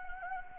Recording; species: mosquito wingbeat signal from an infrared sensor; Anopheles gambiae